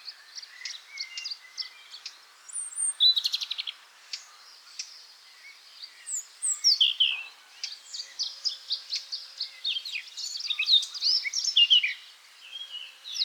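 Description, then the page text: Eurasian blackcap song: rapid scratchy warbling with a brief buzzy pulsed burst, then brighter whistled phrases toward the end. "Christoph Bock - Славка-черноголовка (Sylvia atricapilla)"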